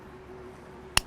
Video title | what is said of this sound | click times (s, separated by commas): Repair, Replace and Recondition your SmoothStar Thruster | and there she goes click into place | 1.0 s